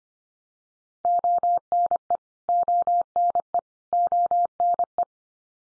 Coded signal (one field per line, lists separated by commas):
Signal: Morse code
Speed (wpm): 25 wpm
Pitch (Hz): 700 Hz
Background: none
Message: ONE ONE ONE